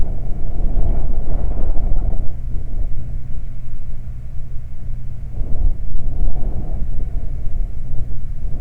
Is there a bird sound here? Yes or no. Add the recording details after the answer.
yes. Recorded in the Prudhoe Bay oil fields, Alaska, on 12 July 2019 at 00:05. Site 29